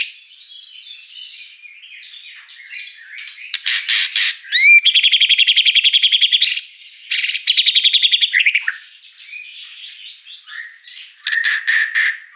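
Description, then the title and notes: White-rumped shama song opens with soft warbling, then bursts into long, fast buzzy rattles and harsh trills, before quieter warbles and a final rattle. Lure song; vigorous singing (gacor) with a rich fill of inserted mimicry phrases (isian). "Pancingan Gacor Murai Batu Bongkar Isian Mewah. Murai Batu Dongfeng"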